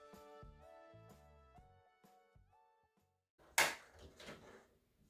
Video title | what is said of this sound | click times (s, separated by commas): Seed Starting is Easy @YourGrowfriend | They just snap into place. | 3.6 s